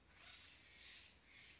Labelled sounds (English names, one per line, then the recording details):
Steller's Jay
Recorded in Sonoma County, California